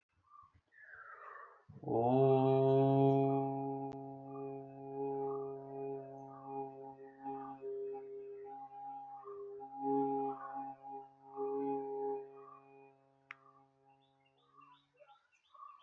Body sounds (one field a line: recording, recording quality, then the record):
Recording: sustained vowel as in boot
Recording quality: excellent, no background noise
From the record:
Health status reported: healthy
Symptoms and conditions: none ticked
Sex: male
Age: 23 years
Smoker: not ticked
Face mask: not worn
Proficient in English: yes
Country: India